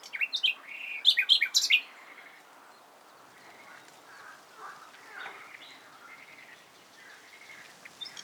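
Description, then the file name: Common nightingale song: a loud two-second burst of rapid, sharp repeated notes and rich whistles, then quieter, fainter warbling phrases in the background. "Luscinia megarhynchos"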